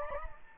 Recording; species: mosquito wingbeat signal from an infrared sensor; Anopheles gambiae